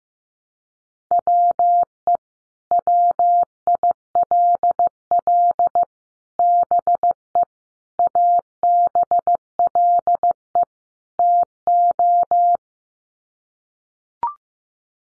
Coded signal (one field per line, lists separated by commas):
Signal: Morse code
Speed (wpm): 15 wpm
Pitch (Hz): 700 Hz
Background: none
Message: WE WILL BE ABLE TO